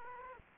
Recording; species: mosquito wingbeat signal from an infrared sensor; Aedes aegypti